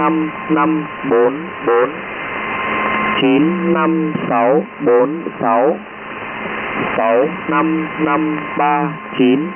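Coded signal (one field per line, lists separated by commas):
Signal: numbers station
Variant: V30, Vietnamese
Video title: Numbers Station, Vietnamese, V30, 10255 kHz, USB Mode, December 23, 2013, 1559 UTC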